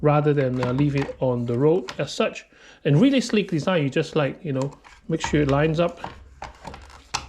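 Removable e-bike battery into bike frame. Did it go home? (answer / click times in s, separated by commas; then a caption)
yes / 7.2 s. A removable battery on a Hitway BK19 road-legal electric road bike is lined up with its slot in the frame and pushed home, taken out so it can be charged away from the bike rather than left exposed to the elements. Someone talks over most of the clip, then a couple of faint taps come just before a sharp click at 7.2 s as the battery seats in the frame.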